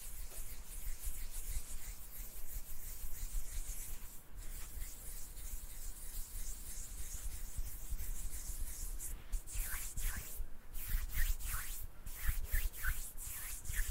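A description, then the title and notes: Dense hand rubbing and brushing strokes fill the clip steadily, turning into quicker, sharper swishes after about nine seconds over a low rumble. ASMR HAND SOUNDS NO TALKING,INTENSE HAND SOUNDS ASMR NO TALKING. ASMR HAND MOVEMENTS.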